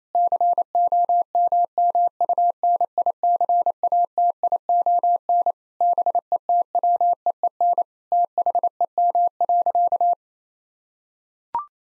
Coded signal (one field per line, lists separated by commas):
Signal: Morse code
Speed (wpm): 28 wpm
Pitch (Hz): 700 Hz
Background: none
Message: COMMUNICATION BETWEEN THEM.